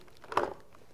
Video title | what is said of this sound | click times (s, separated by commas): Speed and Strength SS1700 Helmet from Motorcycle-Superstore.com | locks down into place when you do very nice feature to have uh for touring or anytime you may be driving | 0.4 s